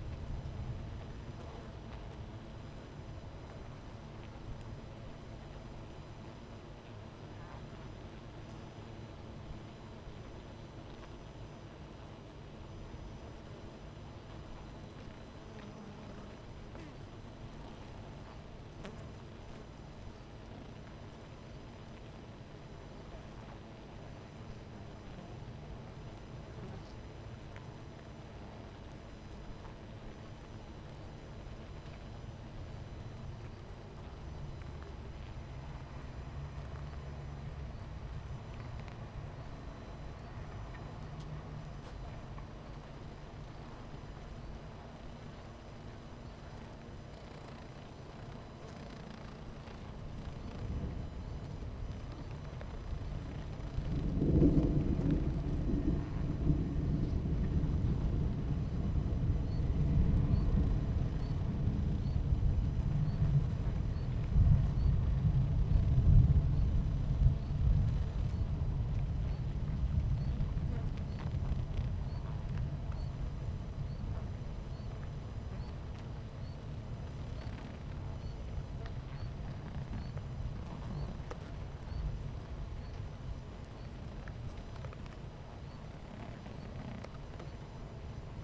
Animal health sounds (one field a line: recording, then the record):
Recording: honeybee colony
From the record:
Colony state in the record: missing queen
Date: 14 July 2017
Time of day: 11:21